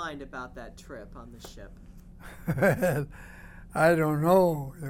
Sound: he laughs

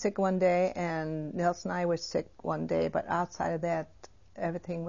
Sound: none

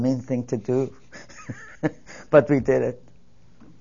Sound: she laughs

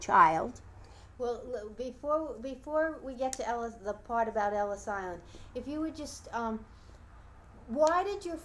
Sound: none

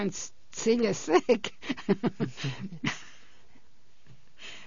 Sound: she laughs

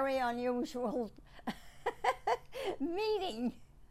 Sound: chuckles

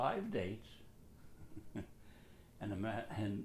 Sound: chuckles

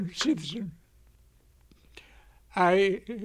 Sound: he cries

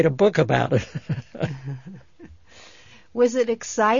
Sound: he laughs

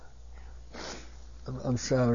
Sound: sniffs

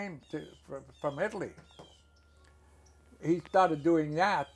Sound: knock on door, and doorbell are heard

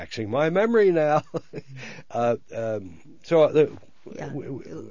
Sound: he laughs

